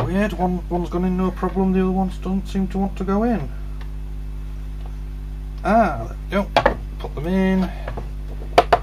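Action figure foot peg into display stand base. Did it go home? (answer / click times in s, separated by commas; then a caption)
yes / 8.6 s, 8.7 s. Someone talks while pushing the plastic foot peg of a Diamond Select Khan action figure into the peg hole of its plastic display base. Two sharp clicks at 8.6 s and 8.7 s mark the peg snapping into place, and the figure is seated on the stand.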